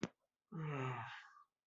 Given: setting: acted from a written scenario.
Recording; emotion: vocal sound without words; embarrassment